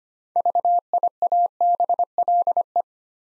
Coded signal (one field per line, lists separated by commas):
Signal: Morse code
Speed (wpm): 25 wpm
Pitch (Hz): 700 Hz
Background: none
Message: VIABLE